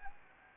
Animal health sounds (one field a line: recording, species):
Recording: mosquito wingbeat signal from an infrared sensor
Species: Anopheles gambiae